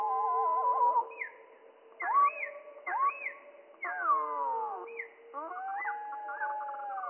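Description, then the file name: Spotted flycatcher song slowed down, a run of deep looping whistles, rising and falling glides and wavering notes in quick succession over a steady low drone. Slowed down by three octaves; mono. "GOBE MOUCHE GRIS MOINS TROIS OCTAVES"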